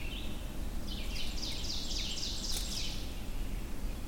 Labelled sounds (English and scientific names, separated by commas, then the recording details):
Ovenbird (Seiurus aurocapilla) song
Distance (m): 75 m
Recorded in boreal forest in Alberta, Canada, on 22 June 2016 at 07:41
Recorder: SongMeter 3, array SBT-6-76
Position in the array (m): 158 m, 114 m
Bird 3